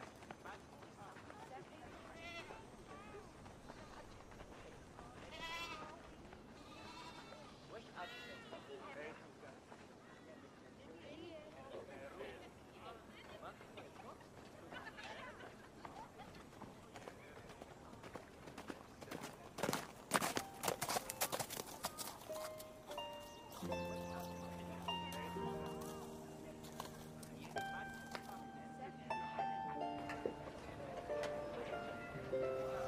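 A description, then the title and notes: Murmured chatter and scattered voices of a quiet medieval town, with a run of sharp clattering taps around twenty seconds, like a horse cart passing. From about twenty-four seconds, distant music enters with held droning notes and short melodic lines over the crowd. Quiet medieval town | distance music/chatter/horse cart.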